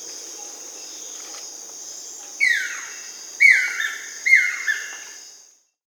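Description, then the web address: Buff-throated woodcreeper calls: three loud, sharply descending whistled notes about a second apart, set against a continuous high-pitched insect buzz. Amazon region of Peru. "Natures Songs S America Birds of the Amazon 2. Buff-throated Woodcreeper (Xiphorhynchus guttatus), Peru"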